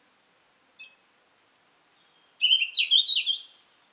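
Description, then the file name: European robin singing: a few thin, high notes, then a fast sparkling phrase of twittering, warbled notes that drops lower near the end. "Erithacus rubecula"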